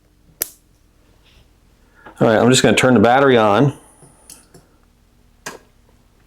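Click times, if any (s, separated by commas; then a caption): 0.4 s. A cable plug is pushed into the socket of a Lamnory 48V 105 Ah LiFePO4 lithium golf cart battery conversion kit, and it seats with a single loud, sharp snap at 0.4 s. Someone then talks, followed by a few faint clicks and handling sounds and one more sharp tap near 5.5 s.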